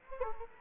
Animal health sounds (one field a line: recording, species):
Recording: mosquito wingbeat signal from an infrared sensor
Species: Anopheles gambiae